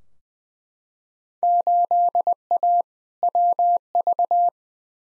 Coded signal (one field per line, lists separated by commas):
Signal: Morse code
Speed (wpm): 20 wpm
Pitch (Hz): 700 Hz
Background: none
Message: 8A WV